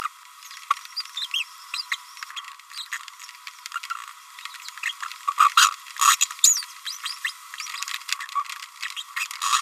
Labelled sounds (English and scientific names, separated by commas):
Green-rumped Parrotlet (Forpus passerinus) babbling